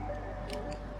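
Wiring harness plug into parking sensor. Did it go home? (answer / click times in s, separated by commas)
no / none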